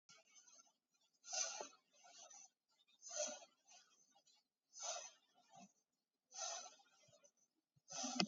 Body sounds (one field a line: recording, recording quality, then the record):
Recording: deep breathing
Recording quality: excellent, no background noise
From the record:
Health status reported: COVID-19 positive, moderate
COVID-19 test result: positive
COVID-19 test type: RT-PCR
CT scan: taken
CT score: 5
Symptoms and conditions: cough, cold, breathing difficulty, fever, fatigue, muscle pain, loss of smell and taste, diarrhoea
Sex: female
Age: 65 years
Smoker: no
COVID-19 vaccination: one dose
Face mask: worn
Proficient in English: yes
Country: India